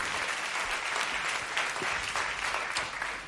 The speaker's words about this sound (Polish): Bardzo dziękuję, że Państwo przyszło i Państwo klaszcze.